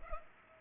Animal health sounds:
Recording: mosquito wingbeat signal from an infrared sensor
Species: Culex pipiens

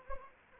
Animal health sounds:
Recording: mosquito wingbeat signal from an infrared sensor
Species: Anopheles arabiensis

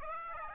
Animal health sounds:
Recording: mosquito wingbeat signal from an infrared sensor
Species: Aedes aegypti

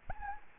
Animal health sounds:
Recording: mosquito wingbeat signal from an infrared sensor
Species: Anopheles gambiae

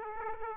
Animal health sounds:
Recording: mosquito wingbeat signal from an infrared sensor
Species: Aedes aegypti

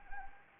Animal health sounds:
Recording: mosquito wingbeat signal from an infrared sensor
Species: Anopheles arabiensis

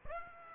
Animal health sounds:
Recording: mosquito wingbeat signal from an infrared sensor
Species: Aedes aegypti

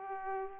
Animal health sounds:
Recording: mosquito wingbeat signal from an infrared sensor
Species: Aedes aegypti

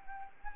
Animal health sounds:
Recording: mosquito wingbeat signal from an infrared sensor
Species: Anopheles arabiensis

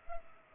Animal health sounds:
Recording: mosquito wingbeat signal from an infrared sensor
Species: Culex pipiens

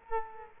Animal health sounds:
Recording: mosquito wingbeat signal from an infrared sensor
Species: Culex quinquefasciatus

